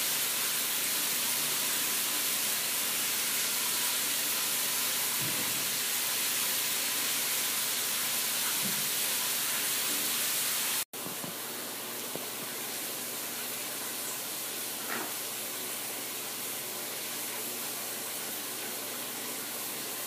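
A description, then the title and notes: Shower water pours steadily onto hard tile, a dense, bright hiss that barely changes over the twenty seconds. A few faint thumps and splashes rise out of the spray around five and fifteen seconds. Just before eleven seconds the sound cuts out for an instant, then resumes. Shower Water Pouring onto Hard Tile.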